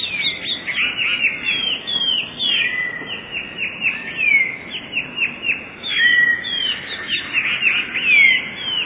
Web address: wroblowe teka spiew. wroblowe teka modraszkoteka